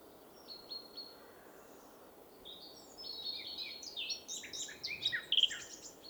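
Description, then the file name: Eurasian blackcap singing a quiet warble that builds into louder notes toward the end, over noticeable background hiss. "Sylvia atricapilla"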